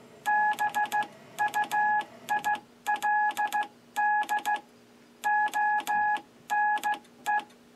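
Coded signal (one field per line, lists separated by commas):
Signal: Morse code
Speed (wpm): 15 wpm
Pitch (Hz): 850 Hz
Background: none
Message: BUILD ONE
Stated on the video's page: Morse contact made on a vintage tube Handbook Novice Transmitter using modern HC-49/U crystals.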